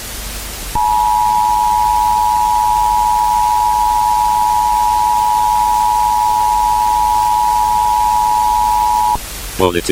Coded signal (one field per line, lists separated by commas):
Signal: Emergency Alert System (SAME) tones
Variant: 853 and 960 Hz attention tone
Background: speech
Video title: EAS tornado emergency REVAMP (THIS IS A FAKE EAS SCENARIO. DO NOT USE IT AS A REAL ONE.)